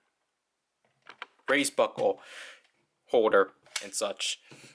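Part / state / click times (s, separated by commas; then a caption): toy buckle into belt holder / partly seated / 1.1 s, 1.2 s. A plastic toy buckle is pushed into a plastic holder on a driver belt, giving two short clicks at 1.1 and 1.2 seconds. It holds firmly but only partly seats, not clicking in all the way. Someone talks before and after the clicks.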